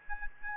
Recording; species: mosquito wingbeat signal from an infrared sensor; Aedes albopictus